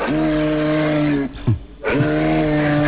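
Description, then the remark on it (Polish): A moose, presented on a live radio link as the oldest, most respected moose in Kampinos National Park, calls with two long, low, droning moans, each steady and buzzy in tone, separated by a brief pause and a short grunting break, loud and alone with no talking. “Udało nam się namówić na rozmowę na żywo, jak Państwo słyszą, najstarszego, najbardziej szanowanego łosia w parku.”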